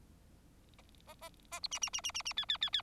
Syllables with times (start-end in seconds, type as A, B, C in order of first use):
0.78-0.81 A, 1.07-1.14 A, 1.21-1.29 A, 1.51-1.60 A, 1.63-1.67 B, 1.71-1.79 C, 1.81-1.90 C, 1.93-2.01 C, 2.04-2.12 C, 2.14-2.22 C, 2.25-2.33 C, 2.37-2.45 D, 2.48-2.57 D, 2.61-2.70 D, 2.73-2.82 D